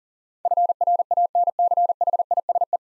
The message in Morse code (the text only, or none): FRANCHISE